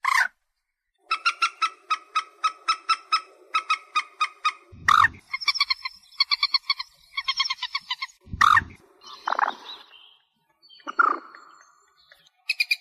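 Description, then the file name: White-breasted waterhen: a long, fast sequence of rhythmic croaking notes, interrupted by two loud bursts, then quick chattering croaks and lower downslurred calls. "Tieng cuoc bien cuoc moc trich re chim den"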